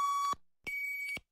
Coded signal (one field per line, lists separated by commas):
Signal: radio time signal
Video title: TIME SIGNAL CCTV1 GUI ZHOU XI JIU 19H 2020 08 01 AND MIRROR